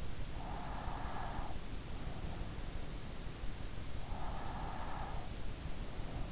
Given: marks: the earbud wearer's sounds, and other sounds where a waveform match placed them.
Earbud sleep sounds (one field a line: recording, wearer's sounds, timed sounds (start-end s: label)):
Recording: sounds in sleep by an in-ear microphone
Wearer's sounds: breath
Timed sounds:
0.11-1.81 s: breath
3.80-5.63 s: breath